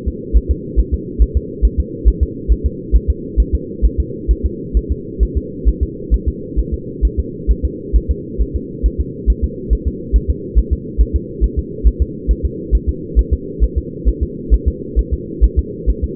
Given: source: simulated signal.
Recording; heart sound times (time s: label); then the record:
fetal heart sounds
0.08 s: S2
0.37 s: S1
0.51 s: S2
0.79 s: S1
0.94 s: S2
1.22 s: S1
1.37 s: S2
1.65 s: S1
1.80 s: S2
2.08 s: S1
2.23 s: S2
2.52 s: S1
2.66 s: S2
2.95 s: S1
3.10 s: S2
3.40 s: S1
3.55 s: S2
3.85 s: S1
4.00 s: S2
4.31 s: S1
4.46 s: S2
4.77 s: S1
4.91 s: S2
5.23 s: S1
5.37 s: S2
5.68 s: S1
5.83 s: S2
6.14 s: S1
6.28 s: S2
6.59 s: S1
6.74 s: S2
7.05 s: S1
7.19 s: S2
7.51 s: S1
7.65 s: S2
7.96 s: S1
8.11 s: S2
8.41 s: S1
8.56 s: S2
8.86 s: S1
9.01 s: S2
9.30 s: S1
9.44 s: S2
9.73 s: S1
9.87 s: S2
10.16 s: S1
10.30 s: S2
10.59 s: S1
10.73 s: S2
11.01 s: S1
11.16 s: S2
11.44 s: S1
11.59 s: S2
11.87 s: S1
12.02 s: S2
12.31 s: S1
12.45 s: S2
12.75 s: S1
12.89 s: S2
13.19 s: S1
13.33 s: S2
13.63 s: S1
13.78 s: S2
14.09 s: S1
14.23 s: S2
14.54 s: S1
14.68 s: S2
14.99 s: S1
15.13 s: S2
15.44 s: S1
15.59 s: S2
15.90 s: S1
16.04 s: S2
From the record:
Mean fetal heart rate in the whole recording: 135 bpm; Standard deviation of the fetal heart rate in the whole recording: 3 bpm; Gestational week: 34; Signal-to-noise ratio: -4.1 dB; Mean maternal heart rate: no maternal heart sound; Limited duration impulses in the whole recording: absent